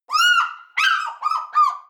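African fish eagle call: one long, ringing yelp followed by three shorter yelping notes in quick succession, with no other sounds.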